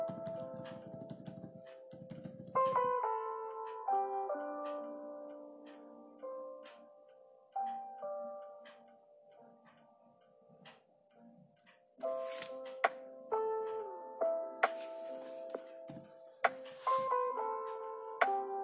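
Soft lofi music with mellow sustained chords that shift every few seconds, beneath a steady scatter of light ticking and tapping like typing and pencil strokes. A low rumbling murmur fills the first three seconds, and brighter rustles, like page flips, surface around 12 and 15 seconds.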